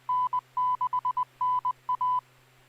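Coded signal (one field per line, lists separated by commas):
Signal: Morse code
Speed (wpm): 20 wpm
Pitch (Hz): 1000 Hz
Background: none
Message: N6NA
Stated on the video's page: SSTV net on FM repeater, 441.300 MHz.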